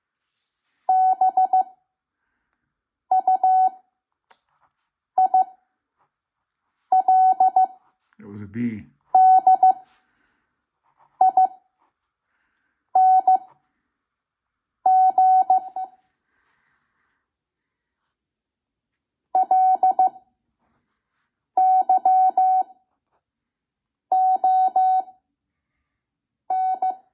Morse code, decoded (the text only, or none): BUILDING LYON